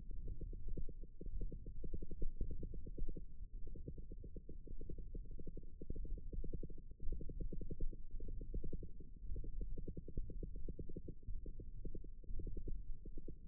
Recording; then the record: forearm muscle sounds (acoustic myography)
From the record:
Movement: hand opening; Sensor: system 1, eight BSWA MPA416 microphones around the upper forearm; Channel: 2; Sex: female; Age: 22 years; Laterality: right